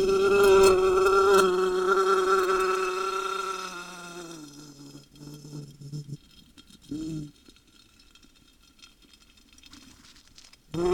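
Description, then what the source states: Wasp buzzing with a steady droning hum that holds for about four seconds, then drops lower and fades, with brief bursts of buzzing and a sudden return at the end. Wasp recorded under glass.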